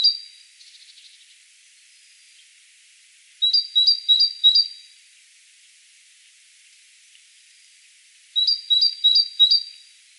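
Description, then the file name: Great tit sounding a brief note, then two phrases of four crisp, high two-note units repeated quickly, separated by about four seconds of low hiss. "Parus major"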